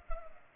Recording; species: mosquito wingbeat signal from an infrared sensor; Culex pipiens